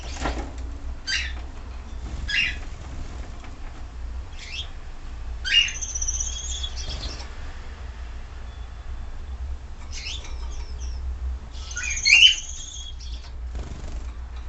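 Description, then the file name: Gouldian finch singing in short, high, buzzy bursts and thin whistled notes separated by pauses, with a constant low hum beneath. Red-headed individual, singing. "amadin gulda krasnogolovyi poet"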